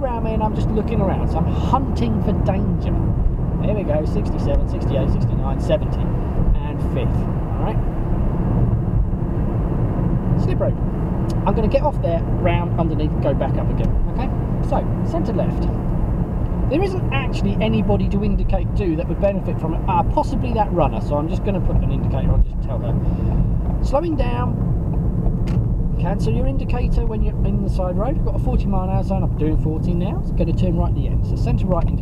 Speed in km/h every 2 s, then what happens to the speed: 95, 103, 105, 101, 98, 97, 95, 92, 87, 81, 77, 74, 64, 53, 47, 45.
0-3 speeds up to 105. 3-32 slows to 45.